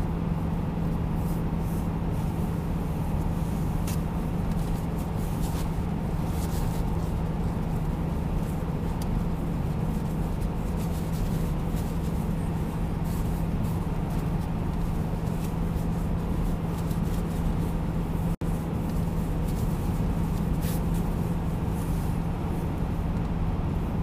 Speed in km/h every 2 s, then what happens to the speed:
91, 90, 90, 90, 90, 90, 91, 91, 90, 90, 89, 89.
0-24 steady at about 90.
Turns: none.